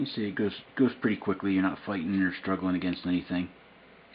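A small steel screw is being fitted into a metal motor mount, turned by hand as someone talks throughout. Nothing has seated or clicked yet; the screw is still being handled and is not yet home.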